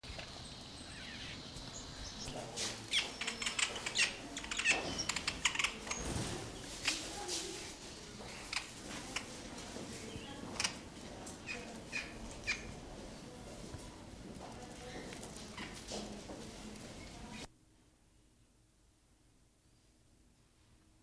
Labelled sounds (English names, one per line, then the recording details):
Hooded Pitta call
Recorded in captivity
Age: adult
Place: Zoo Berlin, Berlin, DE
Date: 2002-09-30 16:47
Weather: fair, ca. 16-17°C
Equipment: Nagra SN, Kopie Uher 4000 Report Monitor
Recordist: Tembrock, Günter